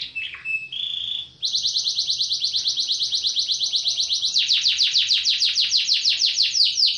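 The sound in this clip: Bird song opening with a few sharp notes and a held whistle, then a long rapid series of descending trilled notes that grows stronger partway through.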